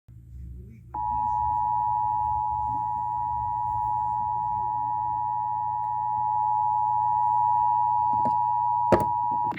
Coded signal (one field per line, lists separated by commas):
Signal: Emergency Alert System (SAME) tones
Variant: 853 and 960 Hz attention tone